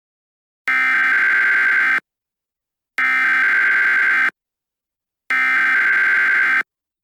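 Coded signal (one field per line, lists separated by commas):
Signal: Emergency Alert System (SAME) tones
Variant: header bursts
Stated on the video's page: Fictional EAS scenario, not a real alert.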